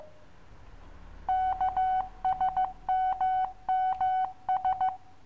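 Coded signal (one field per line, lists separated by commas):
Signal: Morse code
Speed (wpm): 15 wpm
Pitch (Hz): 750 Hz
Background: none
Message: KSMMS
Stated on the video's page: Koch method Morse lesson for the letters K, M, R, S.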